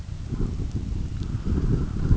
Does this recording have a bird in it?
no